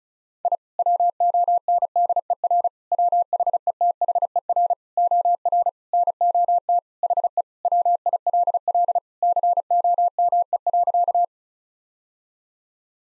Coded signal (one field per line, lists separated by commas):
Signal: Morse code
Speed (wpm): 36 wpm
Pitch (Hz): 700 Hz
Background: none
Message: I WONDER WHETHER OR NOT HE WILL COME.